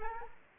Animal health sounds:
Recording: mosquito wingbeat signal from an infrared sensor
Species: Anopheles gambiae

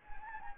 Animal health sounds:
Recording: mosquito wingbeat signal from an infrared sensor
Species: Anopheles gambiae

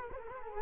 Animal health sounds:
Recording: mosquito wingbeat signal from an infrared sensor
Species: Culex quinquefasciatus

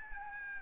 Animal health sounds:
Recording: mosquito wingbeat signal from an infrared sensor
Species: Aedes albopictus

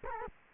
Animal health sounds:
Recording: mosquito wingbeat signal from an infrared sensor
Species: Culex quinquefasciatus

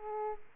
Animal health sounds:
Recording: mosquito wingbeat signal from an infrared sensor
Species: Aedes aegypti

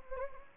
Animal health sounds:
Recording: mosquito wingbeat signal from an infrared sensor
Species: Anopheles gambiae

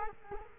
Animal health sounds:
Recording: mosquito wingbeat signal from an infrared sensor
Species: Culex quinquefasciatus

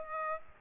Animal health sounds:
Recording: mosquito wingbeat signal from an infrared sensor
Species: Aedes aegypti

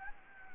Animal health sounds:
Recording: mosquito wingbeat signal from an infrared sensor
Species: Anopheles gambiae

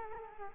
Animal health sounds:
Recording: mosquito wingbeat signal from an infrared sensor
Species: Culex quinquefasciatus

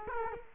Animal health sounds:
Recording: mosquito wingbeat signal from an infrared sensor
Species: Culex quinquefasciatus

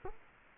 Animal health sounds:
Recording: mosquito wingbeat signal from an infrared sensor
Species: Culex quinquefasciatus

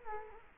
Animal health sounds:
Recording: mosquito wingbeat signal from an infrared sensor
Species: Culex quinquefasciatus

